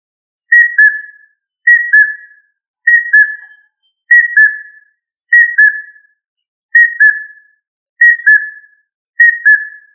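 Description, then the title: Rail whistled call: a clear two-part note, a high whistle dropping to a slightly lower one, repeated about every second and a quarter in a quiet background. "Familia Rallidae"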